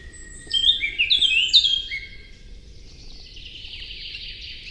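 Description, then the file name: Eurasian blackcap song: a short burst of bright, fluttering warbled notes lasting about a second and a half, then fading, over faint steady background hiss. "Sylvia atricapilla"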